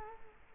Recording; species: mosquito wingbeat signal from an infrared sensor; Culex quinquefasciatus